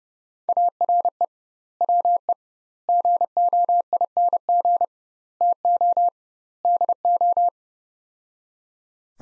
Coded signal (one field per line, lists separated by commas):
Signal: Morse code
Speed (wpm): 30 wpm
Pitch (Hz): 700 Hz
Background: none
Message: ARE WE GOING TO DO